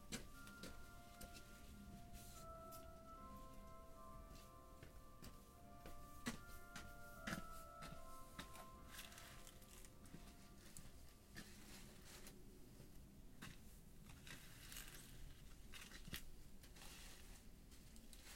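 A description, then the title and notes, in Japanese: Evening work preparing freshly harvested leafy greens for shipping, with constant crisp rustling and crunching of stalks and leaves. Steady tones hum underneath during the first eleven seconds, then drop away, leaving the dense handling sounds over a low background rumble. 夕方、収穫してきた水かけ菜の、出荷準備をしています。秤で重さをはかり、テープで巻き付けて束にしていきます。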